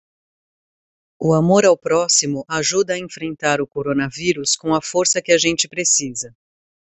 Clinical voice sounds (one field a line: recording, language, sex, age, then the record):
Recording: spoken sentence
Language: Brazilian Portuguese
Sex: female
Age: 30 to 39 years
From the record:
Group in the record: control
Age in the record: 30 years